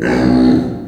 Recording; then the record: squeal of a Yucatan mini pig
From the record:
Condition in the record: before surgery on the right vocal fold (resection and tissue-engineered implant); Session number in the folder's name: 3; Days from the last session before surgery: 0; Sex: female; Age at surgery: 19 weeks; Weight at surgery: 25 kg